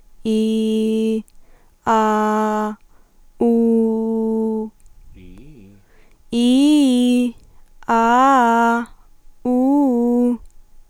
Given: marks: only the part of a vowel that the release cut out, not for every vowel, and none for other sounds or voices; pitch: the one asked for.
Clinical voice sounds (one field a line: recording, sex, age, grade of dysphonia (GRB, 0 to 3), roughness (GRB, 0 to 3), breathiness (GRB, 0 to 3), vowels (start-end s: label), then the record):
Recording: sustained vowels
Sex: female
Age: 20 to 29 years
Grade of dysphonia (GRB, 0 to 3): 0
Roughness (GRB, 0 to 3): 0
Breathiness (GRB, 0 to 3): 0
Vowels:
0.35-1.09 s: vowel /i/, low pitch
2.00-2.65 s: vowel /a/, low pitch
3.57-4.57 s: vowel /u/, low pitch
6.40-7.19 s: vowel /i/, low-high-low pitch
7.94-8.75 s: vowel /a/, low-high-low pitch
9.56-10.26 s: vowel /u/, low-high-low pitch
From the record:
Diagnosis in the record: healthy voice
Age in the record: 20 years